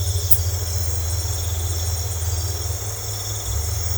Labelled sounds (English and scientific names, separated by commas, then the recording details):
none
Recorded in secondary vegetation near Puerto Asís, Putumayo, Colombia, on 18 December 2024 at 21:00
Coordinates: 0.468, -76.324
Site G095